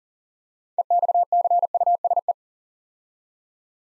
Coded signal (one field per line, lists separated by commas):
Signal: Morse code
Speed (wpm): 40 wpm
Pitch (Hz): 700 Hz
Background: none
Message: EXCUSE